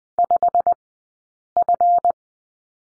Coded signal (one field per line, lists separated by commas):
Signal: Morse code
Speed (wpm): 20 wpm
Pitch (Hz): 700 Hz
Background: none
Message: 5F